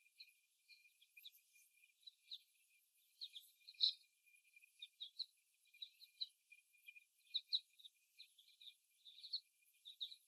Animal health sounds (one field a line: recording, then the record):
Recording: young laying hens in a cage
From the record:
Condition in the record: before the stressor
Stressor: simulated dog barking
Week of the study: 1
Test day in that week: 1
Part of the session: 1